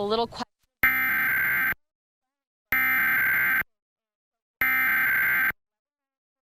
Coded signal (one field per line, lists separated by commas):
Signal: Emergency Alert System (SAME) tones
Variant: header bursts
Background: speech